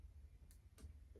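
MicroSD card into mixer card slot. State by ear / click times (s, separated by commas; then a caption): seated / 0.5 s, 0.8 s. A microSD card is gently pushed into the card slot on the back of a RØDECaster Pro II mixer, and two sharp clicks from the push-push latch sound at 0.5 s and 0.8 s over a low background hum. The card is seated in the slot.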